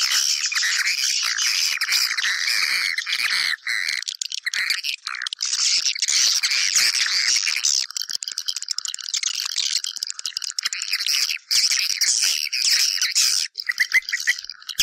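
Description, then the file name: Swiftlets chattering nonstop, buzzy twitters mixed with dry rattling clicks, the mass of calls occasionally thinning for a moment before resuming. Lure sound played to attract swiftlets for nest farming. "Am thanh du yen"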